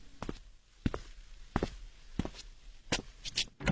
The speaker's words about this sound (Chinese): 一阵脚步声后，门打开了，开门的是一个清瘦的男子